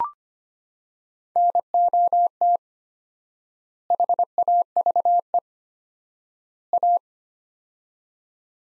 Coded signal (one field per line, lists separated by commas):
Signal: Morse code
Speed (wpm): 25 wpm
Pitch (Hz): 700 Hz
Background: none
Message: NOT HAVE A